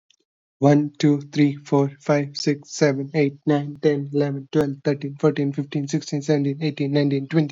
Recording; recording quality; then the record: counting at a fast pace; excellent, no background noise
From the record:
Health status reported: exposed to COVID-19, no respiratory illness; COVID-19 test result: not tested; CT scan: not taken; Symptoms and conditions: none ticked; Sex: male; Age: 27 years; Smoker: yes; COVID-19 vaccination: both doses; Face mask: not worn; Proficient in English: yes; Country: India